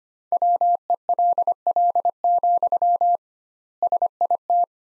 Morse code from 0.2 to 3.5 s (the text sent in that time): WELL,